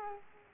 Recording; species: mosquito wingbeat signal from an infrared sensor; Culex quinquefasciatus